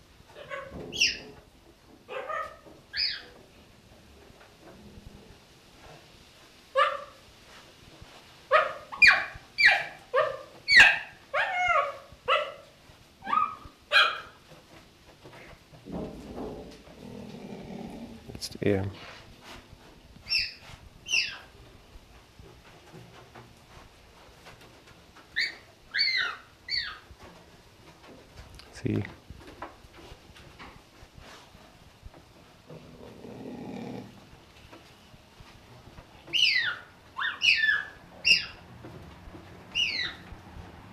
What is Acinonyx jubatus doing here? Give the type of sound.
call